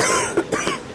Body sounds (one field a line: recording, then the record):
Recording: coughing mixed with background sound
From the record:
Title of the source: 31 night wet cough